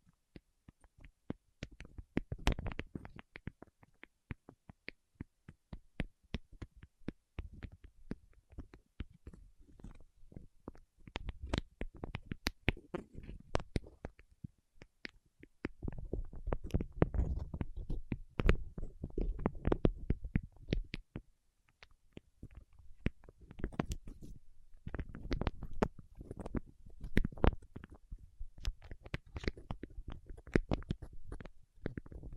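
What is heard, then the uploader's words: Waxy fingertips tap and peel in dense sticky clicks and crackles, thickening into low rubbing bursts around sixteen to twenty-one seconds. ASMR with Wax Fingertips for Sleep (No Talking).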